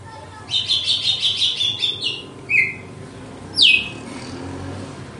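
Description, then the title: Red-cowled cardinal delivering a fast, high, rattling trill, then a short level whistle and a sharply falling whistled note. Female; song described as pure, strong, clean and measured açoite style. "Canto Galo Campina Fêmea 02. GALO DE CAMPINA, AÇOITE PURO, FORTE, LIMPO E COMPASSADO"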